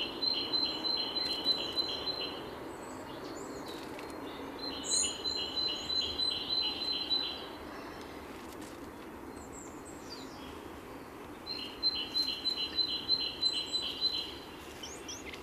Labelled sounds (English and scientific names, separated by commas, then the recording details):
Great Tit (Parus major) song
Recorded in the wild
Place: Kaiserslautern, Rheinland-Pfalz, DE
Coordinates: 49.4133, 7.7675
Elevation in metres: 387
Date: 1975-03-15
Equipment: Nagra IV
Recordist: Tretzel, Erwin